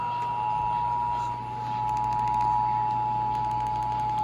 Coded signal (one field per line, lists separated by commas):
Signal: Emergency Alert System (SAME) tones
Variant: 853 and 960 Hz attention tone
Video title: EAS: National Periodic Test!!! LETS GO!!!